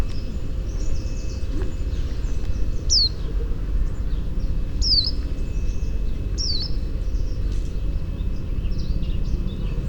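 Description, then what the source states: White-eye singing thin, high falling notes in three spaced phrases, with a constant low background rumble beneath. 22 May 2018, 08:51.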